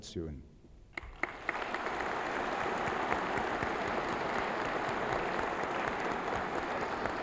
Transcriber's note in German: Applaus